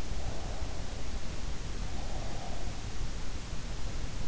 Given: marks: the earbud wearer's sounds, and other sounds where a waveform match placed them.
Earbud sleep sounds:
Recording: sounds in sleep by an in-ear microphone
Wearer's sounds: breath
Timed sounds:
0.00-3.01 s: breath

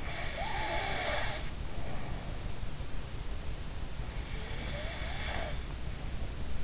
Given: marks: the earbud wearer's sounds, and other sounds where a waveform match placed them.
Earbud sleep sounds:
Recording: sounds in sleep by an in-ear microphone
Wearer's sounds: snoring breath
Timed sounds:
0.00-2.35 s: snoring breath
4.32-6.63 s: snoring breath

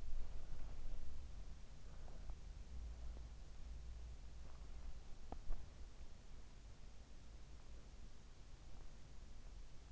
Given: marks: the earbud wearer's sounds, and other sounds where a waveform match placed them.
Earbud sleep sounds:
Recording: sounds in sleep by an in-ear microphone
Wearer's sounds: breath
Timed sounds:
0.00-2.60 s: breath

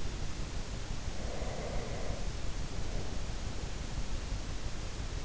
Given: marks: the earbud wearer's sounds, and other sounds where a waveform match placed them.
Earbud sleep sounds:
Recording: sounds in sleep by an in-ear microphone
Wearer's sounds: breath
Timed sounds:
1.27-3.70 s: breath

